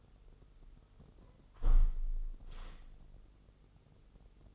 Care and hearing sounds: daily activity, microphone in the room; close window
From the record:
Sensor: 4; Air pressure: 996.5 hPa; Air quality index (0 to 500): 81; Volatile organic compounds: 4 ppm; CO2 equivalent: 1549 ppm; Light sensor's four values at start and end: 21/55/22/23 and 20/53/20/22

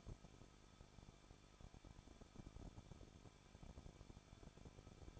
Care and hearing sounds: daily activity, microphone in the room; no activity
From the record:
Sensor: 5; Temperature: 20.7 degrees Celsius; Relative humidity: 38.6%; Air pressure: 1006.5 hPa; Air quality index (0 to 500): 191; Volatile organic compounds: 20 ppm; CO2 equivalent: 2701 ppm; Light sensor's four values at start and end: 2/3/1/1 and 2/3/1/1

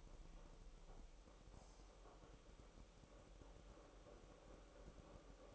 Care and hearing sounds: daily activity, microphone in the room; make coffee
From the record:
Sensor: 1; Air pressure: 1002.0 hPa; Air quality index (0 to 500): 242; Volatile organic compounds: 47 ppm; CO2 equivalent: 3260 ppm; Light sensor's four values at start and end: 8/28/10/11 and 8/28/10/11

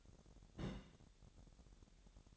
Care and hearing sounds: daily activity, microphone in the room; place on stove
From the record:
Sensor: 3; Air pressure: 1012.0 hPa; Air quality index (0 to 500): 205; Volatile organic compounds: 3 ppm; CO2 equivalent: 1532 ppm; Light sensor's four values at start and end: 108/255/105/93 and 108/255/104/93

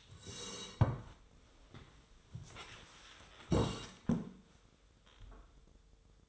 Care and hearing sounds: daily activity, microphone in the room; sit down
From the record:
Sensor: 3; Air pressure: 1005.3 hPa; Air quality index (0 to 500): 96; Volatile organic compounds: 3 ppm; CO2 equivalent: 1492 ppm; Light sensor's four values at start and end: 9/20/8/8 and 10/22/9/9

